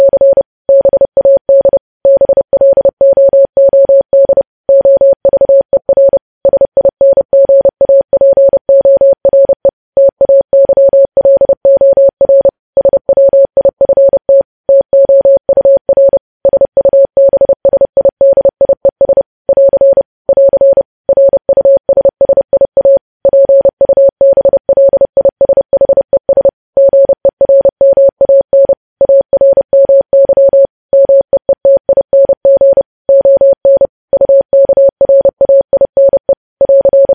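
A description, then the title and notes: Morse code sent as a single steady mid-pitched tone, switched on and off in rapid dots and dashes with short gaps between characters. The keying runs continuously for the whole stretch at an even, brisk pace, clean with no background noise. Morse code.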